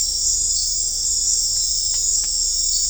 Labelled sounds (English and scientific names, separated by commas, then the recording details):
none
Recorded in dense forest near Puerto Asís, Putumayo, Colombia, on 18 December 2024 at 19:00
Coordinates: 0.500, -76.322
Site G053